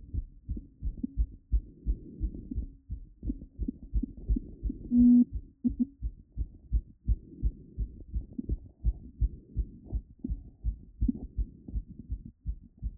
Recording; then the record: heart sounds by stethoscope after running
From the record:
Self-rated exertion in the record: vigorous exertion (4 of 6); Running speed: 6 mph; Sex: female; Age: 18 years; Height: 171 cm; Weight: 75 kg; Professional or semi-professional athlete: no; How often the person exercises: 1 to 2 times a week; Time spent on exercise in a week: under 1 hour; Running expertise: no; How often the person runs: 1 to 2 times a week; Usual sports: running, fencing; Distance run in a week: 3 km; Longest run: 21.3 km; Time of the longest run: 190 minutes